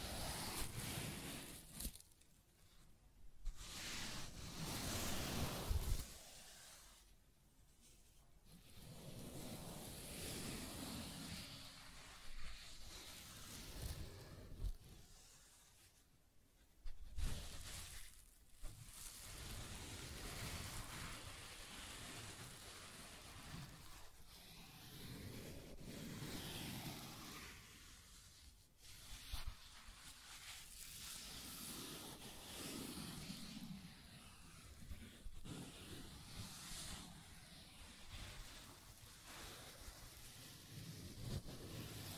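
Scratching and tracing sounds, a dense rough rasp that runs almost without pause for the whole stretch. Strokes swell and fade unevenly, with brief near-silent breaks around 2, 7, 16 and 18 seconds, then a steadier, softer scraping through the second half.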